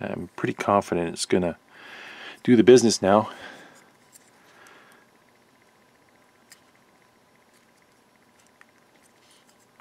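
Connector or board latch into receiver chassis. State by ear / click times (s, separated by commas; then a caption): not seated / none. A connector or board is pushed home into the chassis of a Harman Kardon SR600 receiver while a board is refitted and wired back in. Someone talks over the first few seconds, then only quiet, faint ticks follow. Nothing has seated or clicked yet, and one side of the latch fails to catch.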